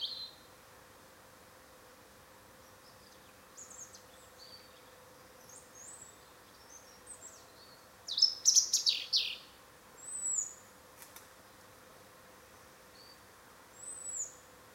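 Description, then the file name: European robin: sparse, high, thin whistled notes spaced apart, then a brief burst of rapid sparkling trills in the middle, with a steady faint hum. "Erithacus rubecula"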